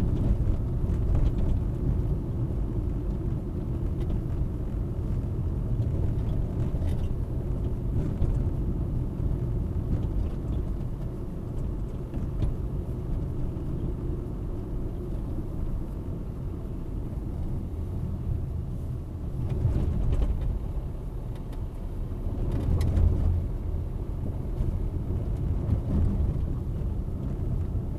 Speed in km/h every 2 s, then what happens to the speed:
36, 36, 35, 35, 37, 36, 36, 37, 33, 26, 24, 26, 29, 30.
0-14 steady at about 36. 14-19 slows to 24. 19-28 steady at about 26.